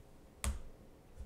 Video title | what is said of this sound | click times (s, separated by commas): Foldable OLED Laptop - ThinkPad X1 Fold Review | and you get a nice click to it and it's | 0.4 s